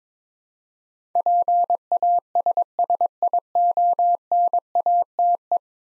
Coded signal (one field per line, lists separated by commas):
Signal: Morse code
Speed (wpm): 22 wpm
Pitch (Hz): 700 Hz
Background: none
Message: PASSIONATE